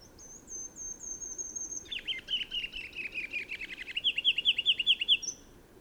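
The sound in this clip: Bird song with a run of high sliding whistles, followed by a rapid rattling chatter of lower downslurred notes and a final high whistle, over a steady background hiss.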